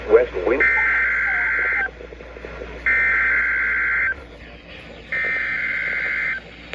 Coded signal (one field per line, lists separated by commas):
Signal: Emergency Alert System (SAME) tones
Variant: header bursts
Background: speech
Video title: EAS #585-590 LOT Required Weekly Test on 5 NWR stations